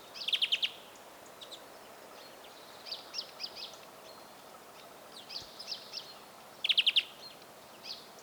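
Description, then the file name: European greenfinch calls, a loud rapid trill at the start and another near the end, with fainter chirping in between. "Chloris chloris"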